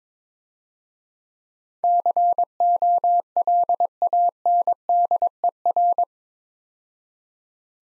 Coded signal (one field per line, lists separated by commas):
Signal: Morse code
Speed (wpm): 24 wpm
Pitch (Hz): 700 Hz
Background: none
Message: COLANDER